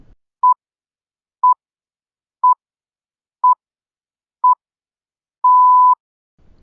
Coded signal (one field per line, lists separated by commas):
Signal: radio time signal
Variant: time pips